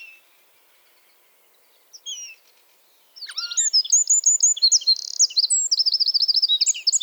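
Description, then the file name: Eurasian wren song: a few scattered high notes, then a loud, rapid cascade of trills and twitters running to the end. "Troglodytes troglodytes"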